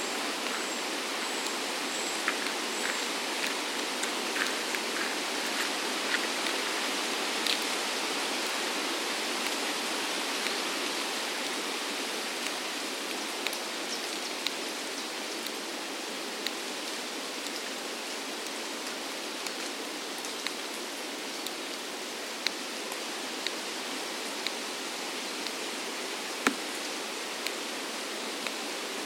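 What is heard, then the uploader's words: A woodland soundscape: a steady, dense rushing hiss like running water or rain fills the whole clip, bright and unchanging in level. Small sharp snaps like breaking twigs pop through at irregular moments, a few standing out more clearly near the end. Accompanied by the sound of a ticking clock, created by breaking the twigs of trees killed by climate change. A soundscape of ancient woodlands, recorded throughout the year. Accompanied by the sound of a ticking clock, created by breaking the twigs of trees.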